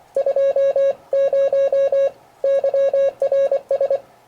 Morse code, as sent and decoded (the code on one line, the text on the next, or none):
..--- ----- / -.-- .-. ...
20 YRS